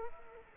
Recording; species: mosquito wingbeat signal from an infrared sensor; Culex quinquefasciatus